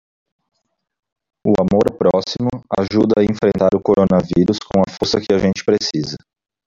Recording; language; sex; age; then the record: spoken sentence; Brazilian Portuguese; male; 30 to 39 years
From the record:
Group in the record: control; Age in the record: 32 years